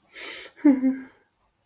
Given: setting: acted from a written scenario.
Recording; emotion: vocal sound without words; sadness